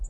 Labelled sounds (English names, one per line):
Hermit Warbler flight call